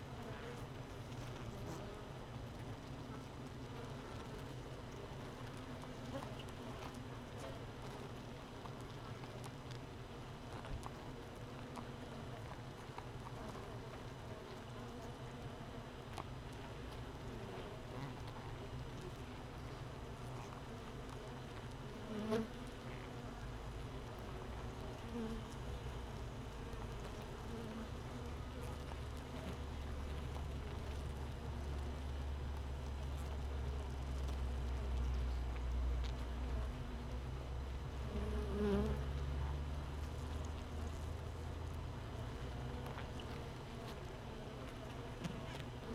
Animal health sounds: honeybee colony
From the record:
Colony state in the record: missing queen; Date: 31 May 2018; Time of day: 15:32

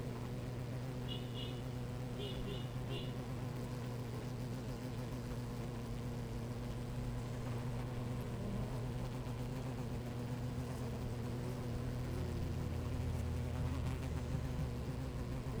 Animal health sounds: honeybee colony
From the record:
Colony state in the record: active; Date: 28 July 2017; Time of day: 10:59

